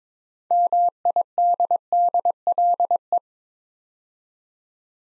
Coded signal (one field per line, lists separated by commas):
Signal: Morse code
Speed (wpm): 22 wpm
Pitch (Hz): 700 Hz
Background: none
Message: MIDDLE